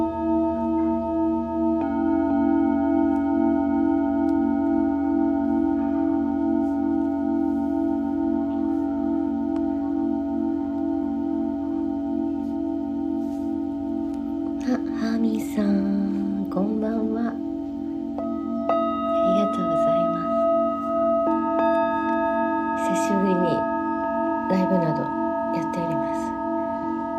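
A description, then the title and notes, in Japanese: Singing bowls ring in a steady, sustained hum, a low drone with several bright tones layered above it. Their sound barely changes throughout. From about 15 seconds, spoken voice comes in over the bowls in short phrases with pauses. メキシコから シンギングボウルのサウンドヒーリング ライブ。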